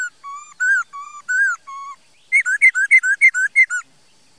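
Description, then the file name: Laughingthrush song of alternating pure whistled notes at two pitches, followed after a pause by a quick string of bright slurred notes. "Tieng khuou hot"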